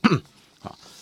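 An adult imitating hiccups: a sharp, thin 'gegege' sound, as made when the diaphragm and inspiratory intercostal muscles contract, the lungs suddenly expand drawing in air, and the vocal cords close at the same time.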